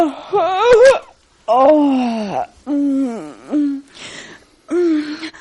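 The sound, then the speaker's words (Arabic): A woman's voice moans and whimpers from under a bed in several drawn-out, wavering bursts, rising and falling in pitch with short breathy pauses between them, with no words spoken. “يسمع صوت امرأة من تحت الفراش.”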